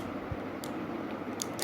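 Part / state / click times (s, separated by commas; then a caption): spinning top layer onto its disc/driver assembly / seated / 0.6 s, 1.4 s, 1.6 s. A plastic Treptune spinning-top layer on a right-spin top is twisted against the clockwise direction onto its disc and driver. Three sharp clicks are heard at 0.6, 1.4 and 1.6 seconds over a low steady background hum. The layer locks firmly in place and tightens itself.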